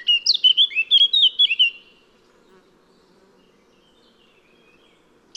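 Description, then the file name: Eurasian blackcap song: one brisk burst of clear, looping whistled notes lasting under two seconds, followed by quiet. "Sylvia atricapilla"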